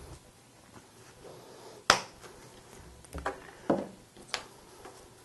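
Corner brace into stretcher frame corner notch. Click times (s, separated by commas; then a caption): 1.9 s. A corner brace is fitted into the notch on one side of a stretcher-bar frame corner and pulled until it snaps into the notch on the other side, seating with one loud, sharp click at 1.9 s. Fainter knocks and taps follow around 3.1–3.2 s, 3.7 s and 4.3 s.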